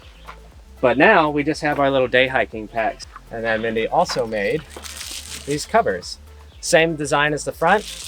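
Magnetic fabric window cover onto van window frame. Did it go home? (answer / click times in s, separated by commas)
no / none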